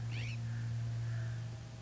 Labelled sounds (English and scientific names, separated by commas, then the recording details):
California Scrub-Jay (Aphelocoma californica)
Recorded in Sonoma County, California